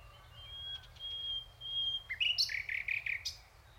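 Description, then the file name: Common nightingale song: a long pure whistled note held near one pitch, then a quick run of repeated rich, slurred notes and a final high flourish. "Luscinia megarhynchos"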